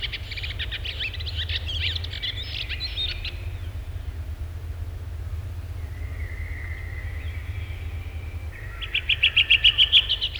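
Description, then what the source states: Redwing singing: a scratchy twittering burst opens, then a quiet thin whistle, and finally a quick series of clear repeated high notes; steady low rumble underneath. Song varies in regional dialects; typically 'try-try-try' ending in a twitter audible only close to the bird; recorded in Finland.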